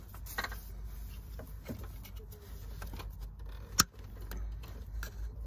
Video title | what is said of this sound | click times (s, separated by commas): BMW Regulator Napięcia - Regulator Alternatora Jak Wymienić M57n M57n2 3.0d | No i ładnie. Blokada została zwolniona. | 3.8 s